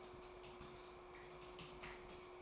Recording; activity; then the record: daily activity, microphone in the room; typing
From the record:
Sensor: 1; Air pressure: 1004.5 hPa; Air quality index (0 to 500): 196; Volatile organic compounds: 17 ppm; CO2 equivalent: 2592 ppm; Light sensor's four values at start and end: 4/11/4/4 and 4/11/4/4